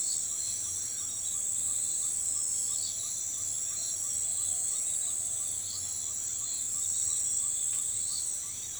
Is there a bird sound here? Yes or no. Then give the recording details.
no. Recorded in forest near Pivijay, Magdalena, Colombia, on 15 April 2023 at 04:00. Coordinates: 10.467, -74.380. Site Z5-G034